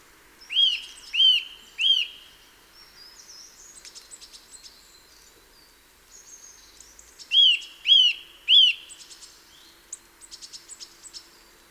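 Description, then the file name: Eurasian nuthatch calling in two runs of three arched, whistled notes, with soft chattering and ticking in between. "Sitta europaea"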